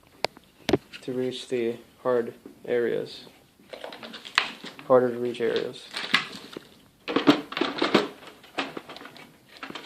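Someone talks while handling the plastic water tank of a Hoover SteamVac carpet steam cleaner, fitting it toward the cleaner's body, with sharp plastic knocks and clacks scattered between the words. The tank has not seated or snapped into place yet.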